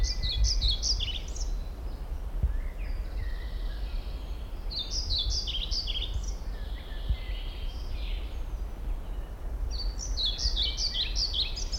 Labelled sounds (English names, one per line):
European Pied Flycatcher